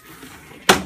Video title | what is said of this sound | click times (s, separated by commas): Mrs. Thorpe-Hasán teaches how thread my bernina 330? | this until you hear it lock | 0.7 s